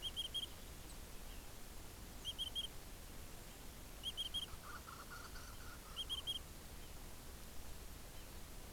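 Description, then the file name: Insect producing faint high pulsed chirps roughly every two seconds, one brief lower warbling phrase midway, against soft steady background noise. Recorded in a pasture. "Pasture with insect"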